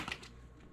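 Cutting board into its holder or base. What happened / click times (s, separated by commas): The plastic board snapped into place / 0.1 s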